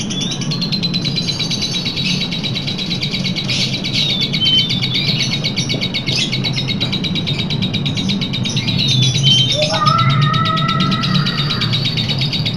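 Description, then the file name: Lovebird giving a long, rapid buzzy trill, pulsing steadily almost without pause; a few clear lower whistles enter near the end over a constant low hum. Long trill song style called ngekek panjang. "lovebird-ngekek-panjang-1-omkicau"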